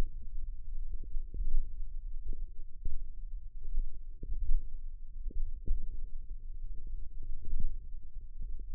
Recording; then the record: forearm muscle sounds (acoustic myography)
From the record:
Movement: hand opening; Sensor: system 1, eight BSWA MPA416 microphones around the upper forearm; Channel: 6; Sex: female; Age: 21 years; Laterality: right